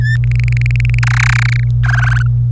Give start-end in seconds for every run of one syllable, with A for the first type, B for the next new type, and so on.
0.00-0.16 A, 0.24-0.99 B, 1.03-1.64 C, 1.83-2.22 D